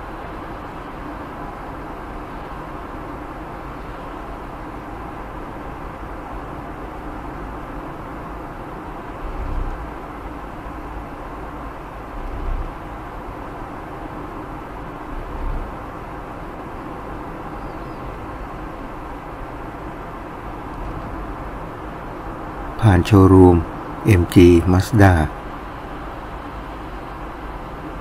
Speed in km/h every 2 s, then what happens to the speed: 59, 59, 59, 58, 58, 58, 58, 58, 58, 58, 58, 58, 58, 58.
0-28 steady at about 58.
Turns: none.